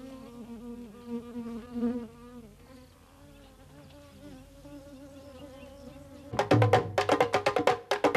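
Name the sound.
flies buzzing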